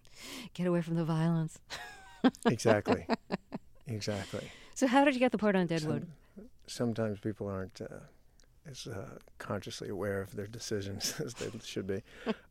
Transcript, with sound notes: Get away from the violence (laughter).
Exactly. Exactly.
So how did you get the part on "Deadwood?"
Sometimes, people aren't as consciously aware of their decisions as they should be.